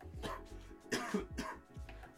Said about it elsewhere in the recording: I got a cough now. I should stop coughing, but I can't. We're all sick, by the way. We all got the PA virus. PA virus. The PA rhino.